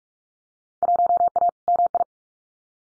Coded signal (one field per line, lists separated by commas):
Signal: Morse code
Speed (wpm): 46 wpm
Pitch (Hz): 700 Hz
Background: none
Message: 1A MI